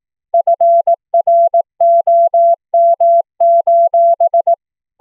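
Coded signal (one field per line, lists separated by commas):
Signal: Morse code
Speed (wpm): 18 wpm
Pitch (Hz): 680 Hz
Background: none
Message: FROM:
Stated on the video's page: CW audio generated by FLdigi from a text file, sent between two Linphone clients over the internet using the BroadVoice BV16 codec.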